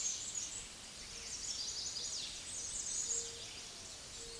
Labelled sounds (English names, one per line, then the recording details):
Chestnut-sided Warbler song
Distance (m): 35 m
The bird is about 10 m above the microphone
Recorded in a Pennsylvania forest on 16 May 2024 at 06:27
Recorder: AudioMoth, point MSD-0019
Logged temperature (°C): 16.7 °C
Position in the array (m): 84 m, 222 m